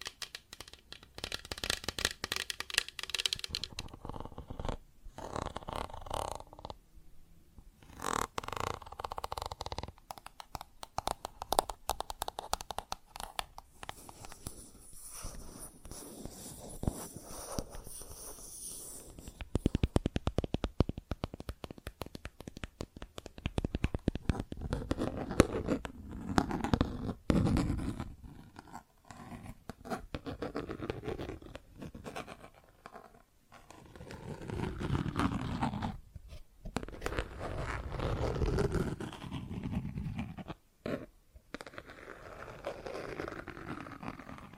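Plastic objects are tapped and scratched in uneven bursts, with sharp clicks and dry rasping scrapes that come and go over the whole stretch. Brief quiet gaps separate the busier passages, and the middle section brings denser, lower rubbing and scuffing.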